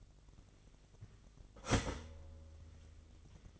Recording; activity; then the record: daily activity, microphone in the room; start toaster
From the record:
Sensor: 4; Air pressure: 1002.7 hPa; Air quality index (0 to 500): 232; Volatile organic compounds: 15 ppm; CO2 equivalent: 2518 ppm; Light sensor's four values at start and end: 21/73/27/27 and 20/66/25/24